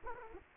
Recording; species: mosquito wingbeat signal from an infrared sensor; Aedes aegypti